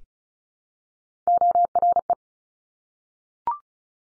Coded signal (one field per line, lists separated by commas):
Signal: Morse code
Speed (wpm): 36 wpm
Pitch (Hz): 700 Hz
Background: none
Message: ORE